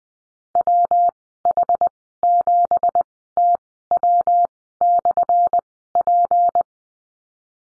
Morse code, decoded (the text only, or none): WH7TW/P